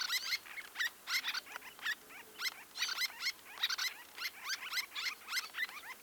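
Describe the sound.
Bird song, short high twittering phrases with clipped chirps repeated in quick bursts over a soft background hiss.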